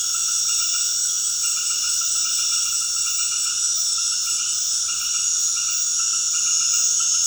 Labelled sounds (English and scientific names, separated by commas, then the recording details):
none
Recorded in secondary vegetation near Puerto Asís, Putumayo, Colombia, on 20 February 2024 at 19:00
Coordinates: 0.472, -76.331
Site G6371